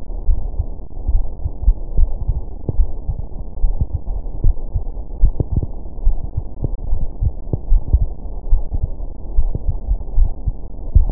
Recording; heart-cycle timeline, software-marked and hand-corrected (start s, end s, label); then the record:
heart sounds
0.00	0.26	diastole
0.26	0.38	S1
0.38	0.56	systole
0.56	0.66	S2
0.66	1.08	diastole
1.08	1.26	S1
1.26	1.44	systole
1.44	1.52	S2
1.52	1.96	diastole
1.96	2.10	S1
2.10	2.26	systole
2.26	2.36	S2
2.36	2.76	diastole
2.76	2.88	S1
2.88	3.06	systole
3.06	3.16	S2
3.16	3.62	diastole
3.62	3.76	S1
3.76	3.94	systole
3.94	4.02	S2
4.02	4.42	diastole
4.42	4.56	S1
4.56	4.74	systole
4.74	4.84	S2
4.84	5.22	diastole
5.22	5.34	S1
5.34	5.52	systole
5.52	5.64	S2
5.64	6.04	diastole
6.04	6.18	S1
6.18	6.36	systole
6.36	6.44	S2
6.44	6.90	diastole
6.90	7.02	S1
7.02	7.22	systole
7.22	7.34	S2
7.34	7.70	diastole
7.70	7.82	S1
7.82	7.92	systole
7.92	8.08	S2
8.08	8.50	diastole
8.50	8.64	S1
8.64	8.82	systole
8.82	8.92	S2
8.92	9.36	diastole
9.36	9.52	S1
9.52	9.68	systole
9.68	9.78	S2
9.78	10.16	diastole
10.16	10.30	S1
10.30	10.46	systole
10.46	10.54	S2
10.54	10.94	diastole
10.94	11.10	S1
11.10	11.12	systole
From the record:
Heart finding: coronary artery disease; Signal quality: good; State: rest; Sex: female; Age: 65 years